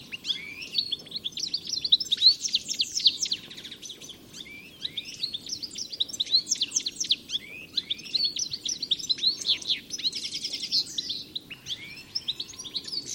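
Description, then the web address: Birds give rapid, high chirps and downslurred notes in overlapping bursts, a busy chorus over faint low rumble. "Deverinetal. Bird Only"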